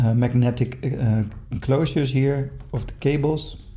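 A magnetic enclosure cap is handled near the tip of a Rolling Square InCharge XL charging cable while someone talks throughout. The cap has not yet snapped into place on the tip; nothing has seated or clicked yet.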